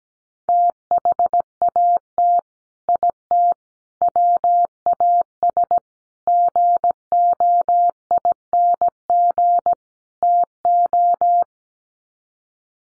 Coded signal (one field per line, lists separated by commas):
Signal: Morse code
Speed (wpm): 17 wpm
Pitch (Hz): 700 Hz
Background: none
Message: THAT IT WAS GOING TO